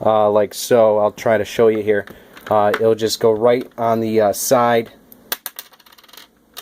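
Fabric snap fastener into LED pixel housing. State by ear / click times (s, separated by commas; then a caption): seated / 5.3 s. A metal snap fastener already set in costume fabric is pressed down onto the side of an LED pixel module. Someone talks for about five seconds, then it snaps into the pixel housing with a sharp click at 5.3 s, followed by a few small taps and rattles. The fastener is seated.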